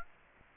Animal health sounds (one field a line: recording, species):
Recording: mosquito wingbeat signal from an infrared sensor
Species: Aedes aegypti